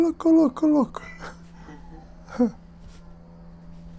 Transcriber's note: he laughs